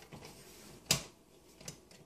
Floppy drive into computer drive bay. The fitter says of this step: it or it should lock into place and